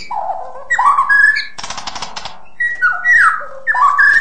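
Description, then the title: White-rumped shama: songbird giving low slurred whistles and swooping notes, broken by a loud mechanical-sounding rattle in the middle. "kicau murai batu panjang"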